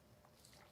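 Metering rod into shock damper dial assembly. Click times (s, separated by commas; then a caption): 0.2 s, 0.5 s. A lifting/rebound metering rod assembly is pushed into the remote dial assembly of a 2022 Fox DPS Performance Elite rear shock damper during a full service. Small clicks are heard at 0.2 s and 0.5 s as the rod pops into place and seats.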